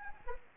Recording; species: mosquito wingbeat signal from an infrared sensor; Anopheles arabiensis